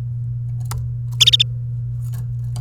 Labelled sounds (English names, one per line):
Domestic Canary song